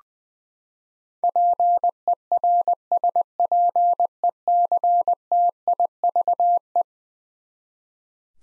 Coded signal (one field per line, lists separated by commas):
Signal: Morse code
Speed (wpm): 20 wpm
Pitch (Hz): 700 Hz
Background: none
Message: PERSPECTIVE